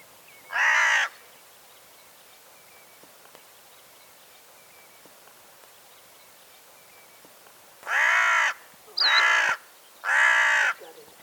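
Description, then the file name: Carrion crow cawing, harsh drawn-out caws: one, then after a long gap three in quick succession, with faint background bird notes. "Corvus corone"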